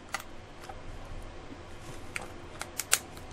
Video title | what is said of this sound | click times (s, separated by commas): How To Thoroughly Clean Your Dive Mask | okay so there's a click there's a click | 2.2 s, 2.9 s